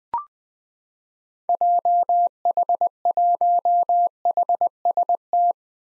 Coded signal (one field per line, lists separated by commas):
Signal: Morse code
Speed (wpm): 20 wpm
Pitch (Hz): 700 Hz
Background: none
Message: JH1HST